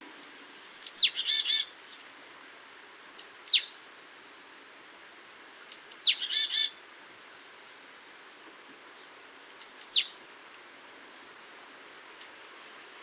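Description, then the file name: Marsh tit calling about every two to four seconds: bright downward-sweeping notes, some followed by short buzzy chattering, against a quiet background. "Poecile palustris"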